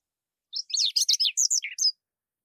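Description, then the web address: Chestnut-eared Bunting song, one short burst of rapid, high, buzzy chirps running together and ending in a slightly lower note and a final thin chip. "hooaka"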